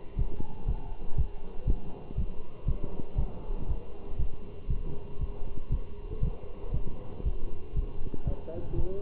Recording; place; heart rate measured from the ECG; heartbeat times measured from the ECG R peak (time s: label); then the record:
heart sounds by stethoscope; between the tricuspid and mitral areas; 119 bpm
0.19 s: heartbeat
0.68 s: heartbeat
1.18 s: heartbeat
1.68 s: heartbeat
2.18 s: heartbeat
2.68 s: heartbeat
3.18 s: heartbeat
3.69 s: heartbeat
4.19 s: heartbeat
4.70 s: heartbeat
5.21 s: heartbeat
5.72 s: heartbeat
6.23 s: heartbeat
6.74 s: heartbeat
7.25 s: heartbeat
7.77 s: heartbeat
8.27 s: heartbeat
8.78 s: heartbeat
From the record:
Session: walking at 3.7 km/h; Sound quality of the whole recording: good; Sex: male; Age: 27 years